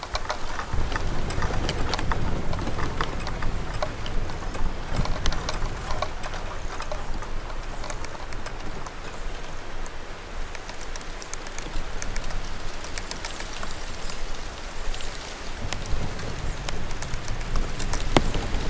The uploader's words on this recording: BAMBOO FOREST • Delicate Sounds of Bamboo Swaying to The Wind.